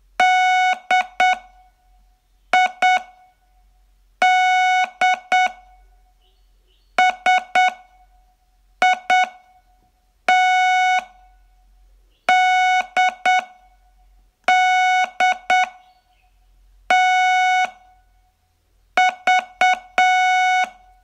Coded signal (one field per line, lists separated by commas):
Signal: Morse code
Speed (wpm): 8 wpm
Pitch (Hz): 740 Hz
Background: none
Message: DIDSITDDTV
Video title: Learn Morse in 42 Days from VU2LAU - day16